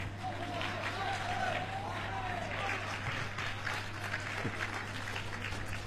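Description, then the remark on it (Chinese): Steady, dense applause from an audience at a crosstalk (xiangsheng) comedy showcase performance in Tianjin fills the whole stretch, a continuous wash of many hands clapping at an even loudness, with a faint low hum underneath and no clear speech. “首先感谢大家热情的掌声， 哎，谢谢大家， 谢谢， 太热情了， 哎，从掌声里看得出来，我们天津的父老乡亲们是太热情了”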